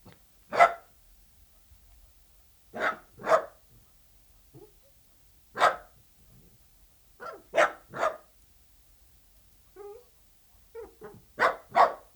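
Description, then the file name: Dachshund barking in short sharp bursts, singly and in quick runs, with quiet gaps between; a few softer yelps near the end. "Het blaffen van een teckel - Beeld en Geluid"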